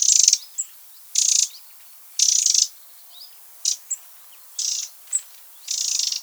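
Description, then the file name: Eurasian wren making grating, rattled call bursts about once a second, some longer and some clipped short, with faint upslurred chirps in the gaps. "Troglodytes troglodytes"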